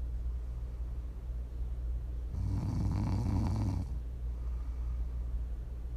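A single low, rattling snore from an adult sleeper lasts about a second and a half, rising out of a steady low background hum and fading back to quiet breathing noise. This is ordinary snoring, offered as ASMR for relaxing and winding down to sleep.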